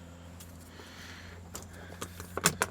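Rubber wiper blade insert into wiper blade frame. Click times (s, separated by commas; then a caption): 2.5 s, 2.6 s. A new rubber wiper insert is slid up the groove of the factory wiper blade on a 2023 Toyota 4Runner and pushed until its end locks into the blade's retaining tab. Faint scraping and light taps sit over a steady low hum, then two sharp plastic clicks at 2.5 and 2.6 seconds mark the insert locking into place.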